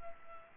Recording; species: mosquito wingbeat signal from an infrared sensor; Culex pipiens